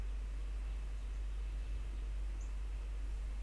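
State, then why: Not seated. A cord lock (purse lock), threaded through a Z-stand and down through a plastic plant grid of a Ganjagrid PVT 1x1 single-pot setup, is handled after the assembly is flipped over. Only a steady hiss with a strong low rumble is heard, with no distinct hits. Nothing has seated or clicked yet.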